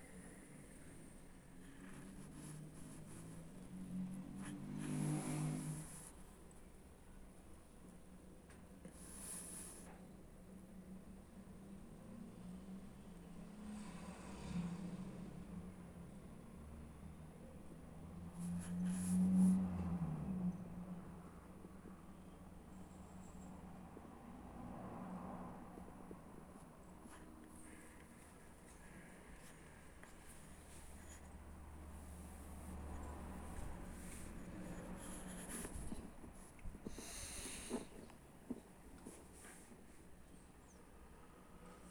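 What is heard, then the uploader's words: Sounds picked up through a stethoscope: a muffled, low rumbling and rubbing that swells and fades, with louder thumps and scrapes near 5, 19 and 36 seconds. Sharp clicks and brief bright crackles from contact with the chest piece recur throughout. Sthetoscope. ASMR.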